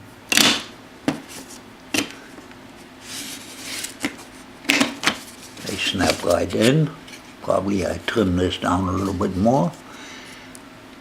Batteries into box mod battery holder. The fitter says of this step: let me put in the batteries they snap